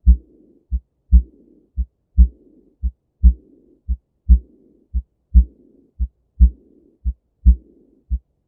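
A heart murmur of aortic regurgitation, heard through a stethoscope over an adult heart.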